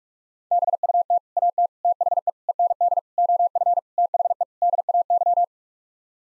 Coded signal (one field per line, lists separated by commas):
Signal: Morse code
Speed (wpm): 41 wpm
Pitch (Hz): 700 Hz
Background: none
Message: BUT AT THE END OF THE DAY